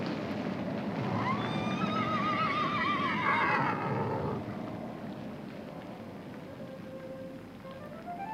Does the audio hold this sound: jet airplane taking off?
no